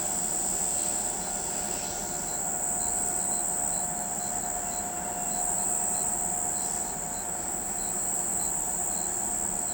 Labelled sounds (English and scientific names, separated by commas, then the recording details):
none
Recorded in pastures near Pivijay, Magdalena, Colombia, on 13 April 2023 at 04:30
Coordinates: 10.456, -74.369
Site P6-G026